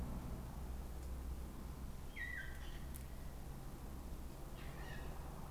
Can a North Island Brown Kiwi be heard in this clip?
no